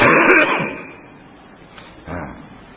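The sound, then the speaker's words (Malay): A loud, rough burst of coughing and throat clearing opens, fading into quiet, then a second, softer cough follows near the end. “Batuk nak menang tu.”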